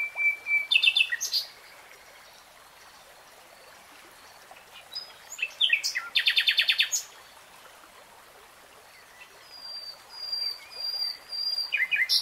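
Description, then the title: Nightingale song: short rattling bursts and chirps, a dense trill, thin high whistles and later scattered notes, separated by pauses over steady background hiss. Singing, recorded in real time; a three-hour recording. "[Tiếng chim hót] REALTIME Nightingale Singing"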